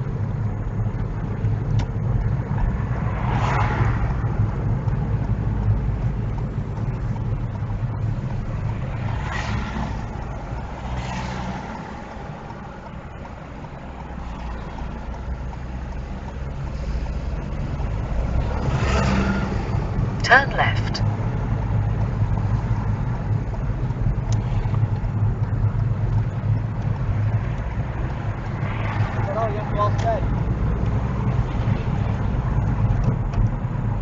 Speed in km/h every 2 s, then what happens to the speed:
18, 18, 16, 10, 5, 0, 0, 0, 6, 16, 19, 19, 13, 13, 18, 21, 18.
4-9 slows to 0. 9-15 standing. 15-20 pulls away to 19. 20-25 slows to 13. 27-29 speeds up to 21.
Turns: none.